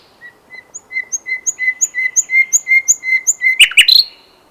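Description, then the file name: Common nightingale song: a steady series of clear whistled notes that grows louder, ending in a harsh, buzzy flourish. "Luscinia megarhynchos"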